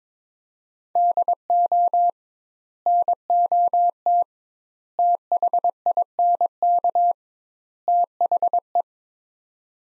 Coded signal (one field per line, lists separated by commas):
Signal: Morse code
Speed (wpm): 22 wpm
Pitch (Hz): 700 Hz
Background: none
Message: DO NOT THINK THE